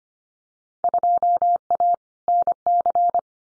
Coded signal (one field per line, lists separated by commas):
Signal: Morse code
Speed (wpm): 25 wpm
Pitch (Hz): 700 Hz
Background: none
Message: 2A NC